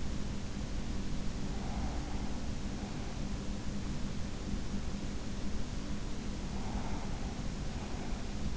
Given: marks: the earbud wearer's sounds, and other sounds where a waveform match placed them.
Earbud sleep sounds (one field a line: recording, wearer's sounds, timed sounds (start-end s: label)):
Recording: sounds in sleep by an in-ear microphone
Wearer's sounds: breath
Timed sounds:
1.32-3.38 s: breath
6.35-8.57 s: breath